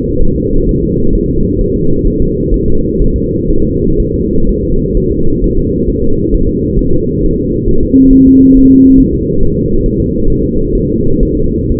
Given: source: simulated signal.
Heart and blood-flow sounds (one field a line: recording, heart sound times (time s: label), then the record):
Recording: fetal heart sounds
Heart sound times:
0.22 s: S1
0.36 s: S2
0.69 s: S1
0.83 s: S2
1.15 s: S1
1.30 s: S2
1.61 s: S1
1.76 s: S2
2.07 s: S1
2.22 s: S2
2.54 s: S1
2.68 s: S2
3.01 s: S1
3.16 s: S2
3.50 s: S1
3.65 s: S2
4.00 s: S1
4.14 s: S2
4.49 s: S1
4.63 s: S2
4.97 s: S1
5.12 s: S2
5.44 s: S1
5.58 s: S2
5.90 s: S1
6.04 s: S2
6.34 s: S1
6.49 s: S2
6.79 s: S1
6.93 s: S2
7.24 s: S1
7.38 s: S2
7.68 s: S1
7.83 s: S2
8.13 s: S1
8.27 s: S2
8.57 s: S1
8.71 s: S2
9.00 s: S1
9.14 s: S2
9.43 s: S1
9.57 s: S2
9.86 s: S1
10.00 s: S2
10.30 s: S1
10.44 s: S2
10.75 s: S1
10.90 s: S2
11.23 s: S1
11.37 s: S2
11.72 s: S1
From the record:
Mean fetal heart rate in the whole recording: 130 bpm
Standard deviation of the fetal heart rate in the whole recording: 4 bpm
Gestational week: 38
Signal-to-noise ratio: -17.7 dB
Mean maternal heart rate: 72 bpm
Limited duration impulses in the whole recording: present